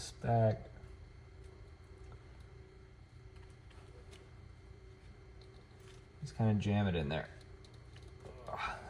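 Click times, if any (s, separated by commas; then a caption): 8.5 s. During a J-Tech tail tidy install on a 2024 Yamaha Tracer 9 GT+, the license plate light wire connector is jammed into the tail tidy's harness plug while someone talks. Faint handling taps come before a sharp click at 8.5 s, which is the connector latching and seating, and the rubber housing is then to be slid back over it.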